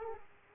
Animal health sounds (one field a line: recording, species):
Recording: mosquito wingbeat signal from an infrared sensor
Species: Aedes aegypti